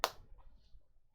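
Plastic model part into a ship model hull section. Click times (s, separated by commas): 0.0 s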